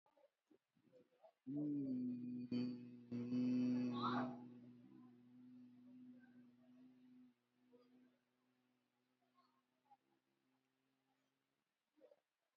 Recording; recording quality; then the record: sustained vowel as in beet; excellent, no background noise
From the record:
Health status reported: COVID-19 positive, moderate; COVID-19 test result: positive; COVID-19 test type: RT-PCR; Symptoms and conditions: breathing difficulty, fever, loss of smell and taste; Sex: male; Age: 38 years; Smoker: no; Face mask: worn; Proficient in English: yes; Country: India